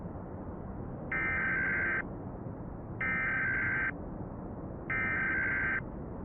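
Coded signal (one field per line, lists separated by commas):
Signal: Emergency Alert System (SAME) tones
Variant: header bursts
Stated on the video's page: Fictional analog-horror emergency broadcast, simulated alert.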